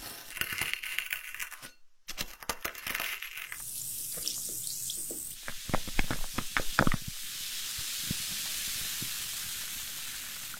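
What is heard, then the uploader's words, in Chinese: Herbal medicine being processed: sharp knocks and clinks come in bursts, stop briefly near two seconds, then return. A hissing sizzle rises around four seconds, hard strikes cluster near six to seven seconds, and a steady steam-like hiss fills the rest. 研、磨、捶、捣、煎、蒸、炸，药材处理工序。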